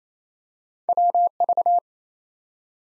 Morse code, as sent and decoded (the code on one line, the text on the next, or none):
.-- ...-
WV